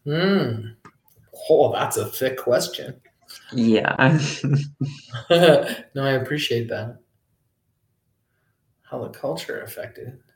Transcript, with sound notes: Hmm. Hoah, that's a thick question.
Yeah [laughs]
[Laughs] No, I appreciate that. How the culture affected...